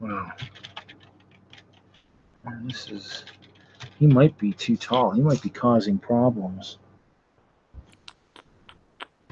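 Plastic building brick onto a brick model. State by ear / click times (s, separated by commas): not seated / none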